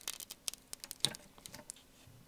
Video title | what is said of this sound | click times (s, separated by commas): 5070 TI Install guide: Everything you need to know about 12vhpwr cable and how to SAFELY install it | You heard the click. It's in. It's good. | 1.0 s